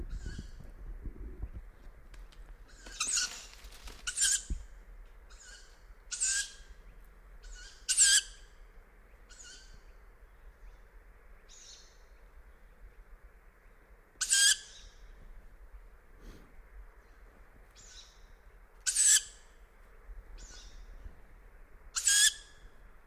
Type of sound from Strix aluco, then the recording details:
call. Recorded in the wild. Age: juvenile. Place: Kützerhof, Kummerower See, Mecklenburg-Vorpommern, DE. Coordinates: 53.8719, 12.8372. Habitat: forest. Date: 2010-06-24. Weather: 13°C, windstill. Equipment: Sound Devices 702, Sennheiser MKH 70, Rycote Windschutz. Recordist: Frommolt, Karl-Heinz